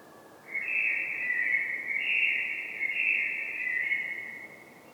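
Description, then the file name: Common blackbird delivering a long, continuous, fluted warble for over four seconds, rich whistled notes rising and falling without a break. "Turdus merula"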